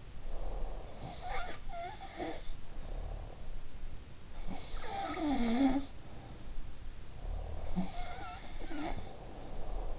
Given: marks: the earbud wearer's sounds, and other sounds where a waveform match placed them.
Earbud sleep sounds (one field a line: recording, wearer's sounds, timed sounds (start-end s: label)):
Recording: sounds in sleep by an in-ear microphone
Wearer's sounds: breath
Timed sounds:
0.00-1.11 s: breath
0.87-3.49 s: sound from someone else or the room
4.35-6.68 s: sound from someone else or the room
7.07-8.14 s: breath
7.55-9.99 s: sound from someone else or the room